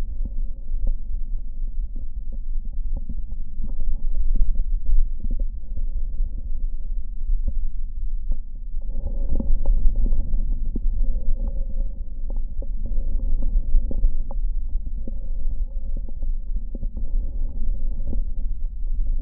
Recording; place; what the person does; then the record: lung sounds by stethoscope; left anterior apical chest; quiet breathing, then deep breathing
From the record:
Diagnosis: COPD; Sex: male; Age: 77 years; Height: 172 cm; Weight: 94 kg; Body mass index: 31.8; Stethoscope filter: diaphragm mode